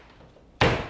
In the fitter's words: the rest this back in please heard that snap